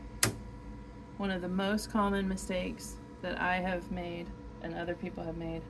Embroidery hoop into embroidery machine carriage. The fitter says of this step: All right. So then I'm just going to put this in until it clicks.